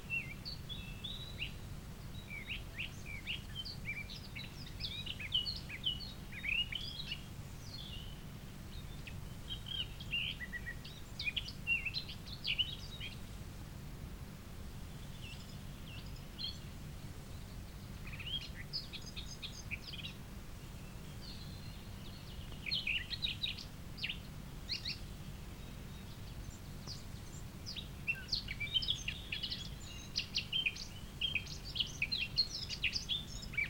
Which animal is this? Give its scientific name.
Sylvia atricapilla